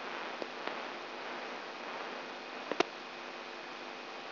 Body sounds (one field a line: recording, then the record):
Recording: brain microelectrode recording played as sound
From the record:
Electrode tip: inside the subthalamic nucleus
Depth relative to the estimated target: 0 mm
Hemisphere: right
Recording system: AlphaMap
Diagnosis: Parkinson's disease